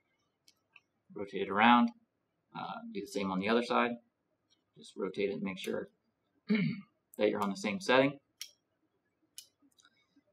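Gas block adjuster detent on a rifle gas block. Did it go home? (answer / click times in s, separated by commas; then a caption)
yes / 8.4 s, 9.4 s. Someone talks while the gas block adjustment on the second side of a rifle is rotated, its metal detent passing between the numbered gas port settings. Sharp clicks at 8.4 s and 9.4 s mark the adjuster's detent seating into a setting lined up with the pointer.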